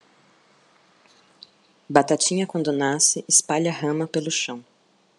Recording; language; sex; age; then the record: short text; Brazilian Portuguese; female; 30 to 39 years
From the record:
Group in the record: control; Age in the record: 35 years